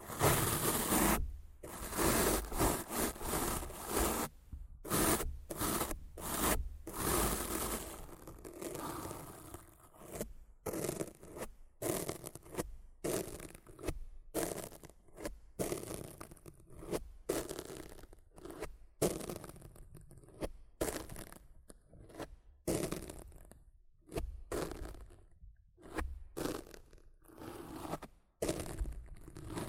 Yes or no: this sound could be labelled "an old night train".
no